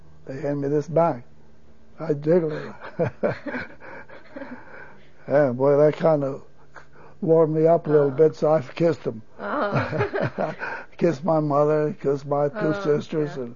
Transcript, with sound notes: they hand me this bank. I jiggled it. ( he laughs ) Oh, boy, that kind of warmed me up a little bit. So I kissed them. Kissed my mother, kissed my two sisters.